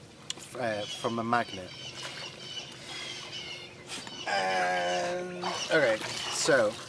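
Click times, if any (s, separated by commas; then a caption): 0.3 s. A weighted stopper is let go above the neck of a perfume bottle, and a magnet pulls it down so it clicks into place with a short, sharp click at 0.3 s. The stopper is seated, and someone talks throughout.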